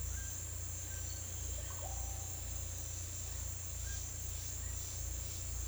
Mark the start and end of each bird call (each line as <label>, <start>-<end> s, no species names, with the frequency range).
bird call (0.3-2.4 kHz), 1.52-2.03 s